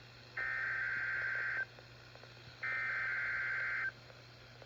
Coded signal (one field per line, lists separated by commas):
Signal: Emergency Alert System (SAME) tones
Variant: header bursts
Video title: KXI42 Required Weekly Test. 3/11/26 EAS #561